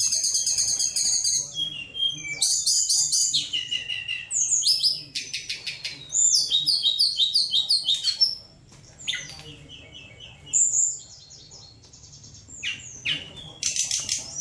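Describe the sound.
Bird singing a long, varied sequence of rapid high chirps, buzzy trills and sweeping whistles, with quieter gaps and softer calls near the end.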